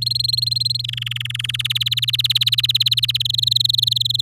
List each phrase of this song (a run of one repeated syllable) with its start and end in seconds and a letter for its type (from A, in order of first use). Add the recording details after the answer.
0.01-0.81 A, 0.84-1.67 B, 1.70-3.22 C, 3.25-4.21 D. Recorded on 8 May 2018 at 11:46. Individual llb16